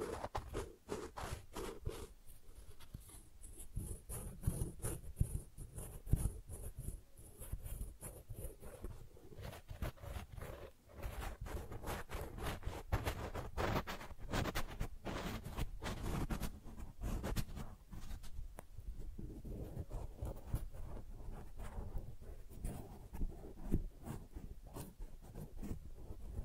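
Flower sounds: a dense, continuous run of soft crinkling, rustling and scratchy brushing, like petals and stems being handled and rubbed. The textures come in quick, irregular bursts with no pauses, a low thumping underneath, and a faint bright hiss across the top.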